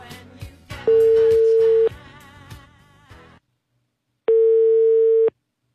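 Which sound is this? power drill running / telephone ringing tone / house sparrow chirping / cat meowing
telephone ringing tone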